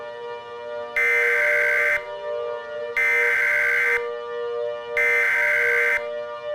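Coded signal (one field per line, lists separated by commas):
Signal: Emergency Alert System (SAME) tones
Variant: header bursts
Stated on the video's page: Fictional scenario alert based on the film A Quiet Place Part II, a prediction of hypothetical alerts.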